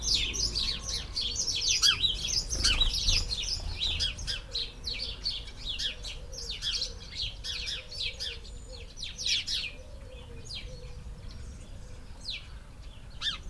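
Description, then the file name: House sparrow chirping, a busy, continuous chatter of rapid high chirps that overlap throughout. "Passer domesticus"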